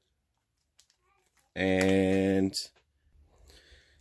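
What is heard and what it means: The strap on a Lord + Field Frontiersman survival knife sheath is pulled over and its press-stud snap fastener is pushed closed, giving a sharp, short click at 0.8 s. Someone then talks, and a few faint ticks follow. The snap is closed and seated.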